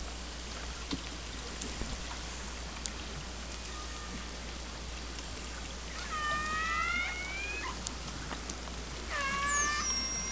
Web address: Hydrophone Data 2012 Lime Kiln Transients 120410 orcasound 04 10 2012 06 00 29